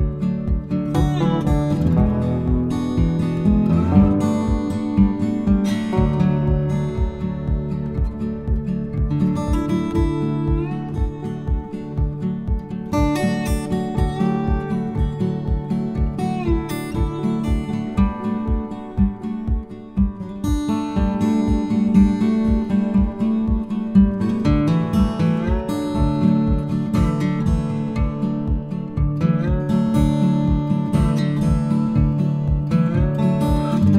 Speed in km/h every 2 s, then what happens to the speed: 98, 98, 99, 99, 100, 100, 100, 100, 97, 95, 94, 92, 92, 91, 91, 92, 93.
0-14 steady at about 99. 14-22 slows to 92. 22-34 steady at about 92.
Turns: none.